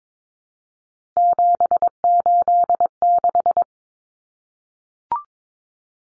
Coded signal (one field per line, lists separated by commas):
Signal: Morse code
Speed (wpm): 22 wpm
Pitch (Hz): 700 Hz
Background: none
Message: 786